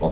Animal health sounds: pig call; piglet (1 to 25 days)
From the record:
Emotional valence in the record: positive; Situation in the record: reunion after long isolation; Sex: male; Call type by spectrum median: low-frequency call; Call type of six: low-frequency tonal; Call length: 0.12 s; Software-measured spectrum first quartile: 171 Hz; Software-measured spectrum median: 428 Hz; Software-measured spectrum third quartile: 652 Hz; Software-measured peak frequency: 559 Hz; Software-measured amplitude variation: 95 dB a second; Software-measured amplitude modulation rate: 4.1 a second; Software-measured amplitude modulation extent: 23.3 dB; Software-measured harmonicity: 0.7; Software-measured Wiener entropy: -0.68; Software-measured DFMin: 758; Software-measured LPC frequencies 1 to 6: 504, 800, 2280, 3466, 4001, 4820 Hz

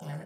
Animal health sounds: pig call; piglet (1 to 25 days)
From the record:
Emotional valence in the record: negative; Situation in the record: short isolation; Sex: male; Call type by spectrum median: low-frequency call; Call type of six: low-frequency stable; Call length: 0.26 s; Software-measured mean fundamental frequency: 51 Hz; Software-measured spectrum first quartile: 154 Hz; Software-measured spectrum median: 305 Hz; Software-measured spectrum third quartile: 991 Hz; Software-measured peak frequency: 158 Hz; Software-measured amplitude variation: 100 dB a second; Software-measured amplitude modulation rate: 21.0 a second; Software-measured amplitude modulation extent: 4.8 dB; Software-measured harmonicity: 2.8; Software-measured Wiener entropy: -0.85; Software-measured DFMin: 864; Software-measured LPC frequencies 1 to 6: 1799, 2902, 4566, 5252, 5937, 7407 Hz

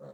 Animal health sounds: pig call; piglet (1 to 25 days)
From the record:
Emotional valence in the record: negative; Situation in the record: short isolation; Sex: female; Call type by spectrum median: low-frequency call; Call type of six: low-frequency stable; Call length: 0.13 s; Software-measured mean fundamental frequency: 51 Hz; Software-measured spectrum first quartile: 214 Hz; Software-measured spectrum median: 466 Hz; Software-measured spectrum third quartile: 589 Hz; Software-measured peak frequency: 531 Hz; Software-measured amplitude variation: 98 dB a second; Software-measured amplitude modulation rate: 26.2 a second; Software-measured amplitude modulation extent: 3.7 dB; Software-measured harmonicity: 4.0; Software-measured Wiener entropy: 0.01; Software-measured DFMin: 1186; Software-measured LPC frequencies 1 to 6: 536, 1204, 4113, 6173, 7103, 8021 Hz

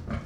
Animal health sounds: pig call; growing-finishing pig (85 days or more)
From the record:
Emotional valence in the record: positive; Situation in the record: run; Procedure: transit

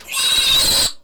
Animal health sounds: pig call; piglet (1 to 25 days)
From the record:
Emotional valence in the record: negative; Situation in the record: castration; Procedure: castration, cut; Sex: male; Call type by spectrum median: high-frequency call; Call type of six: high-frequency modulated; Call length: 1.03 s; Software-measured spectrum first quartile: 3575 Hz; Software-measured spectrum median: 4602 Hz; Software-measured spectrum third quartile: 7864 Hz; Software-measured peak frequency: 3895 Hz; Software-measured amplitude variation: 101 dB a second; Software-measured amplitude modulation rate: 20.3 a second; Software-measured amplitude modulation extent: 5.0 dB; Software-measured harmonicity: 5.2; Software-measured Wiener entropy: -2.26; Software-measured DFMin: 723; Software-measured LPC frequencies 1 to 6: 979, 1525, 2698, 3854, 4805, 6081 Hz

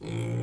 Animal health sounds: pig call; weaner (32 to 43 days)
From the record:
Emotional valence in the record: negative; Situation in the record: novel object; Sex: female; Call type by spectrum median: low-frequency call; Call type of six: low-frequency stable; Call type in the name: low-frequency stable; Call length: 0.43 s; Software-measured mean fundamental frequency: 57 Hz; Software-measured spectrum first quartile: 123 Hz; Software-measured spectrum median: 233 Hz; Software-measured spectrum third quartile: 612 Hz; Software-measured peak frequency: 126 Hz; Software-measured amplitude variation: 90 dB a second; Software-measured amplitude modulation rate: 35.8 a second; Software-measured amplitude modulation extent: 2.5 dB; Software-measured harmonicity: -0.8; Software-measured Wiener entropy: -0.55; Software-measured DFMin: 655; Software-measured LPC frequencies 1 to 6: 2269, 3319, 4157, 6305, 7630, 8312 Hz

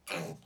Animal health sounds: pig call; piglet (1 to 25 days)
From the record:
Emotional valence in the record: negative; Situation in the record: restrain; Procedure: back test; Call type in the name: low-frequency call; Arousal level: medium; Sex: female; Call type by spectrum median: low-frequency call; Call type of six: low-frequency stable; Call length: 0.46 s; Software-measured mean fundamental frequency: 55 Hz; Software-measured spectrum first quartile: 446 Hz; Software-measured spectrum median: 1365 Hz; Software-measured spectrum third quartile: 3317 Hz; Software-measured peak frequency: 169 Hz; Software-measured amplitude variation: 184 dB a second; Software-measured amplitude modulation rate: 18.6 a second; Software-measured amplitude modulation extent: 9.9 dB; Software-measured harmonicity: 1.2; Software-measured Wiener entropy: -2.04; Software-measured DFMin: 1249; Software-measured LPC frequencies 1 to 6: 564, 1402, 2413, 4069, 5554, 6548 Hz

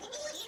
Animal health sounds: pig call; piglet (1 to 25 days)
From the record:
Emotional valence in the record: negative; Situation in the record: fighting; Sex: male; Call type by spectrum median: high-frequency call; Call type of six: high-frequency stable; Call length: 0.48 s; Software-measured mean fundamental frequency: 268 Hz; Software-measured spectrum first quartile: 697 Hz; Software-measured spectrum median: 2570 Hz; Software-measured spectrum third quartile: 4911 Hz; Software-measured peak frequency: 589 Hz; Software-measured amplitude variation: 120 dB a second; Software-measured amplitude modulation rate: 17.8 a second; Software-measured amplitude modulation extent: 6.7 dB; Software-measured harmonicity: 5.0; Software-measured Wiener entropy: -2.06

